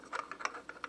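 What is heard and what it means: A second plastic top-hat fashion disc cam is pressed into the cam holder of a Singer Touch & Sew 640 sewing machine while another cam is already installed. Brief, sharp plastic rattles and taps are heard as it knocks against the first cam. It will not go home, and nothing has seated or clicked yet.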